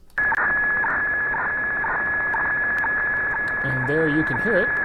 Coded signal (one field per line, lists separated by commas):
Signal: weather fax (radiofax)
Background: speech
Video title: Ham Radio - Decoding marine weather fax using FLdigi on HF